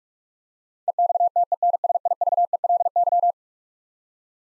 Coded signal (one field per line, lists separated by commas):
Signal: Morse code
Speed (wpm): 42 wpm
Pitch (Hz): 700 Hz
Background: none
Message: EXTENSIVELY